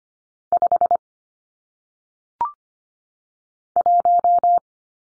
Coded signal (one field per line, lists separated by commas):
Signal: Morse code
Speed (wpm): 25 wpm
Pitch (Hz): 700 Hz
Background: none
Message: 5 1